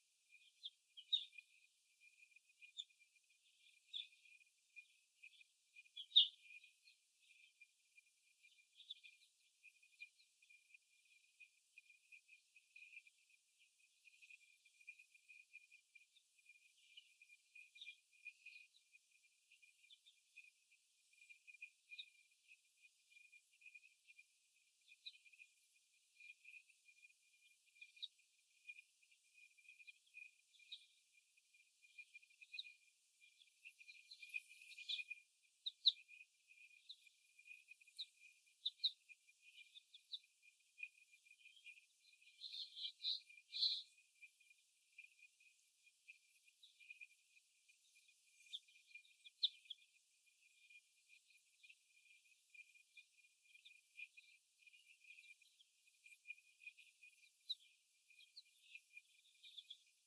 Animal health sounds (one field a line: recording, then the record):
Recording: young laying hens in a cage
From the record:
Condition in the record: before the stressor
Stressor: simulated dog barking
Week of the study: 1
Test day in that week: 1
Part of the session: 4